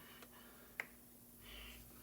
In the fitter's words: you should feel a little snappage